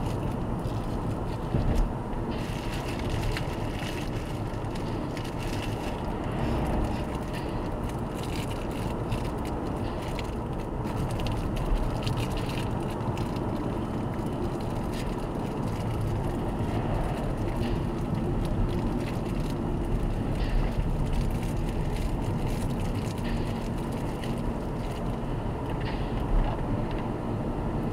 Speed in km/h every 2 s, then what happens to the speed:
67, 66, 64, 66, 70, 72, 68, 65, 62, 57, 56, 58, 63, 65.
0-5 steady at about 66. 5-11 speeds up to 72. 11-20 slows to 56. 20-28 speeds up to 65.